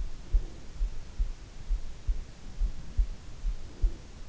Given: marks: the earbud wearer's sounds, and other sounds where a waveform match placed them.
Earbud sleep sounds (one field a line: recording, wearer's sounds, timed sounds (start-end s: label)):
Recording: sounds in sleep by an in-ear microphone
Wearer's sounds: breath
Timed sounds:
0.08-0.83 s: breath
3.60-4.19 s: breath